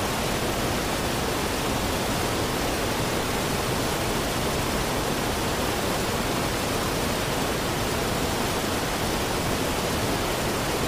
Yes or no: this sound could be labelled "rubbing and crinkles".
no